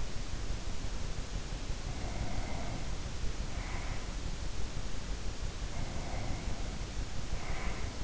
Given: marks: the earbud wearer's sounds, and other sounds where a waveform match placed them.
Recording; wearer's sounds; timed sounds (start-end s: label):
sounds in sleep by an in-ear microphone; breath
1.77-4.23 s: breath
5.62-8.04 s: breath